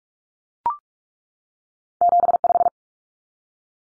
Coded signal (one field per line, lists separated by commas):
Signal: Morse code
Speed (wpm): 44 wpm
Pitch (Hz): 700 Hz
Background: none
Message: 75